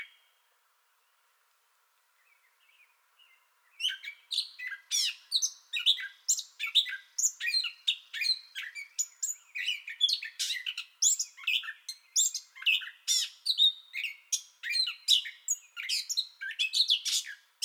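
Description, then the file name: Gray catbird song beginning after a few quiet seconds with faint notes, then a long, unbroken outpouring of varied squeaky, harsh and whistled phrases. Song bout already in progress, recorded 30 May 2021. "2021-05-30 Gray Catbird Song Bout Already Going"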